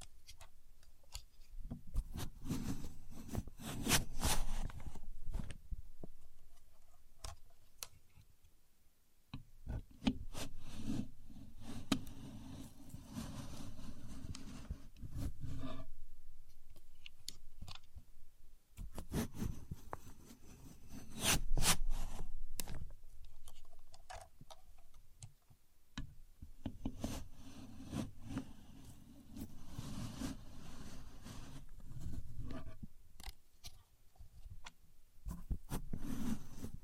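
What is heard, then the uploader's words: A contour gauge is pressed and worked, giving stretches of low rubbing and shuffling dotted with sharp, bright clicks and rattles from its pins. The handling comes in bursts several seconds long, broken by brief quiet pauses near 9, 17 and 25 seconds. Using A Contour Gauge (No Talking).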